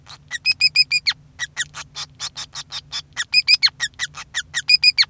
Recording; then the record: song of a male Bengalese finch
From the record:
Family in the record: son of father 5